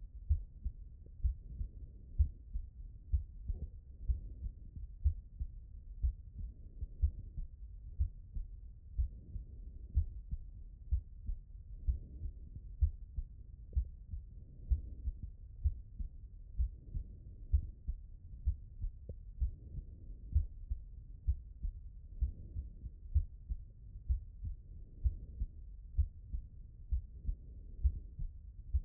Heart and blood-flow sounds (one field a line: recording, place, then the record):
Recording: heart sounds by stethoscope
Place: mitral valve (MV)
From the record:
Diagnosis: non-HFrEF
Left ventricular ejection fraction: 68%